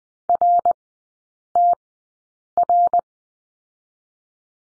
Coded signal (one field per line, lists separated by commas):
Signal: Morse code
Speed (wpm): 21 wpm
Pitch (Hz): 700 Hz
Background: none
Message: RTR